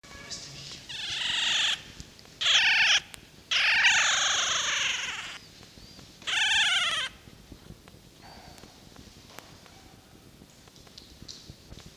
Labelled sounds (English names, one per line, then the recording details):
Red Fox
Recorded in captivity
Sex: female
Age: juvenile
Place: Zoologisches Institut der HUB, Berlin, DE
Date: 1953-04-16 12:30
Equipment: Elmetra
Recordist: Tembrock, Günter